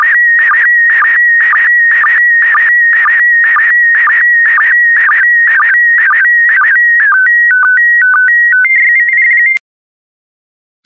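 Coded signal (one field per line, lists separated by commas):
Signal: SSTV (slow-scan television)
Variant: PD120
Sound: steady warbling tone with regular short low blips, then stepped beeping tones, then silence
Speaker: the next image transmission will start in 10 seconds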